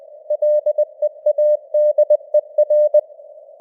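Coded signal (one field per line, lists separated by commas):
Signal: Morse code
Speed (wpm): 20 wpm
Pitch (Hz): 600 Hz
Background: none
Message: LEADER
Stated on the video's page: Simulated Morse news headlines at 20 wpm with simulated radio noise and varying signal strength (QSB).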